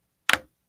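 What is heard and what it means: The interlocking puzzle-piece edges of a folding self-healing cutting mat (11 by 36 on one side, 24 by 36 when flipped) are pressed together with the mat folded flat. A sharp, bright snap lands at 0.3 s, with a quick lead-in tick just before it, and fades within about a tenth of a second. The joint seats, so the mat lies flat and will stay flat.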